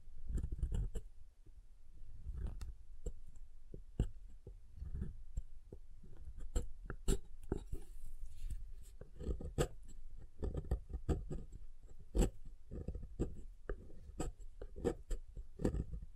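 Soap is tapped and carved in a dense run of sharp clicks and scrapes, with soft low thumps recurring roughly every second throughout.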